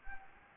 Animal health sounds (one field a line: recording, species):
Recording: mosquito wingbeat signal from an infrared sensor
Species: Anopheles gambiae